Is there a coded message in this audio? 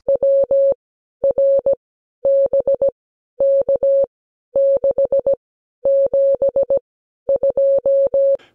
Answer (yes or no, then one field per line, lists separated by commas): yes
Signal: Morse code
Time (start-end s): 0.1-8.4 s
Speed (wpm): 17 wpm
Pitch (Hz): 550 Hz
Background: none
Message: WRBK672